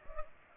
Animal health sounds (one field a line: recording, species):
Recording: mosquito wingbeat signal from an infrared sensor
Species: Culex pipiens